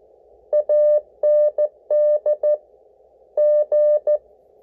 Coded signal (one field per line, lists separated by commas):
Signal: Morse code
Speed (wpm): 14 wpm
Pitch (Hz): 600 Hz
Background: none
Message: AND G